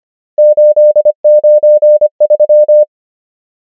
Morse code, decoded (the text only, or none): 8 9 3